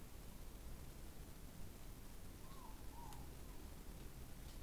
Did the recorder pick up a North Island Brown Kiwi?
no